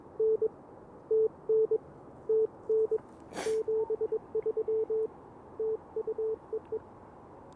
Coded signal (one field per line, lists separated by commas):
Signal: Morse code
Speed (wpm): 22 wpm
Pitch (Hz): 440 Hz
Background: none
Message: N TN TN 73 TU EE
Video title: 1 Watt CW POTA Challenge! KX2 and AX-1... Failure!